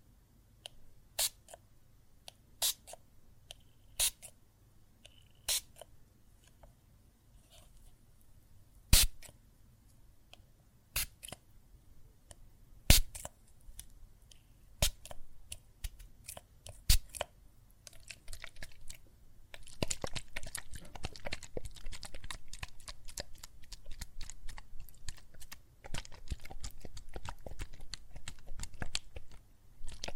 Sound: Water and Soap Foam Sounds